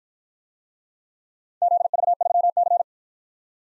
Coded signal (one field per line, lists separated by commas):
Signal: Morse code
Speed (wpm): 53 wpm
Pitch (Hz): 700 Hz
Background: none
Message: ZV3C